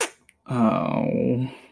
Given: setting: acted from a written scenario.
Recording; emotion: vocal sound without words; guilt